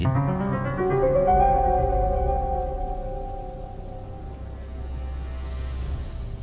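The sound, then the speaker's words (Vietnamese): Heavy rain pours steadily outdoors with a deep, rolling thunder rumble underneath, joined by sustained tonal hums that fade slightly midway before the downpour swells again. “Quả tình ngoài trời vẫn mưa tầm tã, sấm chớp lập lòe,”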